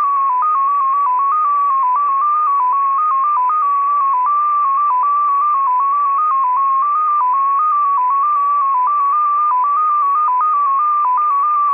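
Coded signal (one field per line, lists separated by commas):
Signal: numbers station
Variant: XPA2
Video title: XPA2 Number Station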